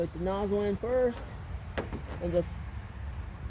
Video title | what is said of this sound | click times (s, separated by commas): How To Replace The Windshield Washer Fluid Nozzles On Your 2006-2010 Jeep Commander! | push it down. That clicks right in. | 1.8 s